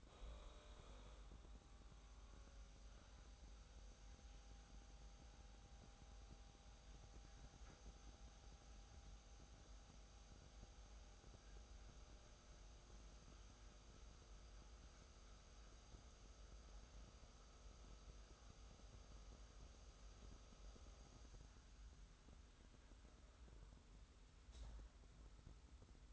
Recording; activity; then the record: daily activity, microphone in the room; make coffee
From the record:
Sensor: 3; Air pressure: 990.7 hPa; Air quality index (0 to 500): 156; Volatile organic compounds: 648 ppm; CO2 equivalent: 4991 ppm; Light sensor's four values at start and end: 32/76/30/29 and 33/77/31/29